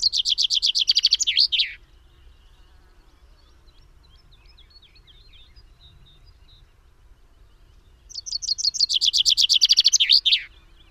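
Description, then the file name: Common chaffinch singing two phrases of quick repeated notes, each ending in a downward flourish, the first already under way at the start, separated by about six seconds of quiet with soft background chirps. "Fringilla coelebs"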